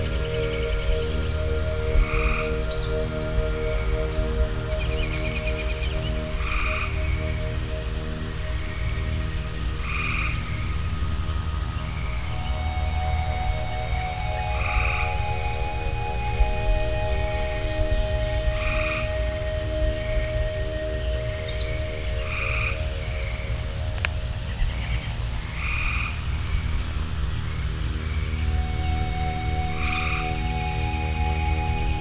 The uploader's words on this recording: A Woodland Morning. This is a live nature recording.